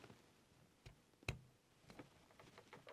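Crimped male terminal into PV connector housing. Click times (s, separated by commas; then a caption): 1.3 s. A plastic female PV connector housing is pushed over a crimped metal male terminal on a wire, with a few faint handling ticks around it. One sharp, loud click rings out at 1.3 s as the housing snaps into place on the terminal, and it is seated.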